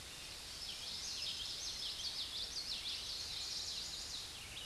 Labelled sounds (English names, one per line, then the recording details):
Common Yellowthroat song
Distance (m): 45 m
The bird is about 5 m below the microphone
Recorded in a Pennsylvania forest on 16 May 2024 at 06:56
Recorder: AudioMoth, point MSD-1035
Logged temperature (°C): 16.3 °C
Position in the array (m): 200 m, 81 m